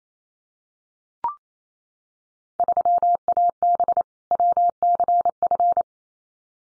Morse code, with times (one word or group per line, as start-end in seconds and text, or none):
2.6-4.0 3AB
4.3-5.8 WCF